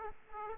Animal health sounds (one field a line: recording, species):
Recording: mosquito wingbeat signal from an infrared sensor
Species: Aedes aegypti